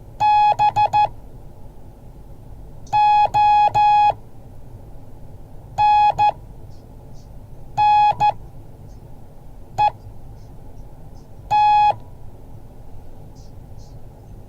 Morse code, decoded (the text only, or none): BONNET